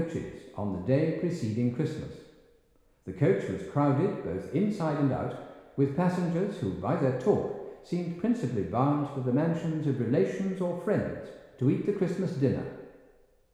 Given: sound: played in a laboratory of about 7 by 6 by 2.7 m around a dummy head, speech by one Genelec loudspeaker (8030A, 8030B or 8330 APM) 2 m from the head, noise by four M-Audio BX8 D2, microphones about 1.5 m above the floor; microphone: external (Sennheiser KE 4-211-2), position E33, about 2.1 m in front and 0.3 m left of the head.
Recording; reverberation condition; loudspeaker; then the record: male speech in English; high; in front (0 degrees)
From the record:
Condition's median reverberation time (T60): about 1300 ms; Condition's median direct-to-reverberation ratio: about -4.0 dB